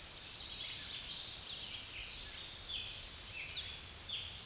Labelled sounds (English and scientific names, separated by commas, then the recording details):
American Redstart (Setophaga ruticilla) song
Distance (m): 45 m
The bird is about 15 m above the microphone
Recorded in a Pennsylvania forest on 16 May 2024 at 06:25
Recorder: AudioMoth, point MSD-2110
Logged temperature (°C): 16.4 °C
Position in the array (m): 34 m, 219 m